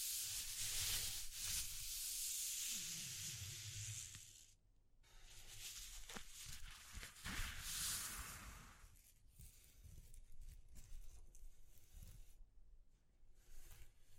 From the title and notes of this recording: ASMR Exploring Textures (No Talking).